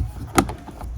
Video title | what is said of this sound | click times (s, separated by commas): Czy sam wymienie modul zamka przednich drzwi? (Skoda Octavia 3) | goes in normally, normally, just with a click, elegantly, that's all. | 0.4 s